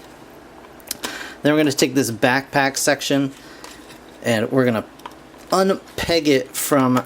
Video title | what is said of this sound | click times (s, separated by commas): TRANSFORMERS SIEGE JETFIRE REVIEW | push these back and those little soft locked into place then | 0.9 s